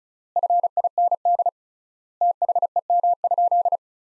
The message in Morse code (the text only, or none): FIND THEM?